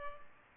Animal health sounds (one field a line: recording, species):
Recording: mosquito wingbeat signal from an infrared sensor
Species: Culex pipiens